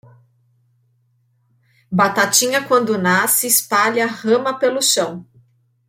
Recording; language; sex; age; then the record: short text; Brazilian Portuguese; female; 30 to 39 years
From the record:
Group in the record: control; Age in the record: 37 years